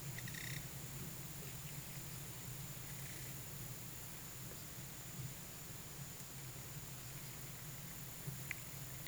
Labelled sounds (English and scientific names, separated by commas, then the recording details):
none
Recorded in pastures near Puerto Asís, Putumayo, Colombia, on 22 June 2025 at 14:30
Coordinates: 0.486, -76.323
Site H29